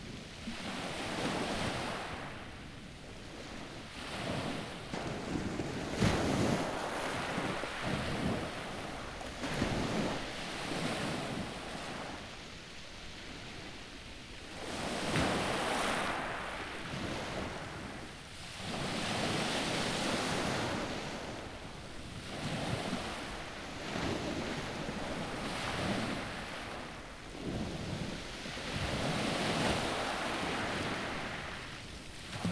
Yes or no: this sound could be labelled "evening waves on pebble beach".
yes